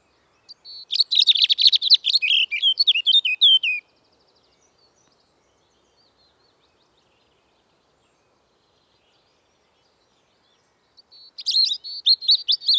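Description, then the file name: European robin song: a thin high note, then a rapid jumble of sweet trills and warbles for about three seconds, a long silent pause, and a new phrase starting near the end. "Erithacus rubecula"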